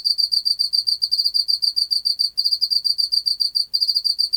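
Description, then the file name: Pacific field cricket trilling in rapid high pulses, with a couple of brief pauses in the second half. "Teleogryllus oceanicus"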